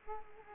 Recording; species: mosquito wingbeat signal from an infrared sensor; Aedes aegypti